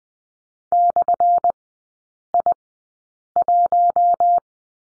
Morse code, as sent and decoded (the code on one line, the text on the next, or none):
-..-. .. .----
/I1